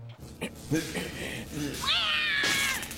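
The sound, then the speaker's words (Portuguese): In the Portuguese dub of Dragon Ball Super, a cat gives one long, drawn-out, wavering meow that bends up then slowly down in pitch, preceded by a few shorter, softer vocal sounds. “Eu podia tentar atirar-me e apanhar o gato, mas se ele se assustar e tocar num fio elétrico, vira gato no churrasco.”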